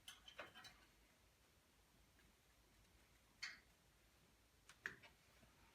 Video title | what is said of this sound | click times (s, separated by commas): 289 Small Block Ford Timing and Custom Spark Plug Wire Lengths. 1950 Willys Jeepster Hot Rod. Jeep | hear it click in the place | 4.9 s